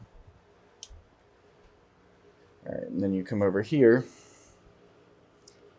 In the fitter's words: of the span right here and you click down push until you hear a click really slow